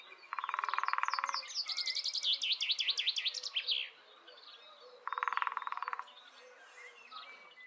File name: kis fakopacs hangja